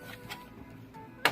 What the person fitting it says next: this one snapped into place